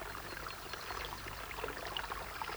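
trickling water

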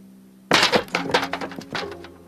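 knocking

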